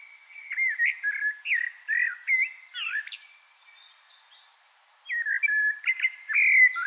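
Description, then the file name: Common blackbird singing a mellow warbled phrase followed by a rapid, high, buzzy trill and scratchy twitter, then another fluty phrase begins. "Turdus merula"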